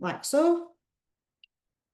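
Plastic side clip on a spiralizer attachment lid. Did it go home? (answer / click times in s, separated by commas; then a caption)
released / 1.4 s. Someone talks briefly, then a small plastic side clip on a food-processor spiralizer attachment lid is unclipped so the blade can be changed. A single short, high click is heard at 1.4 s as the clip releases.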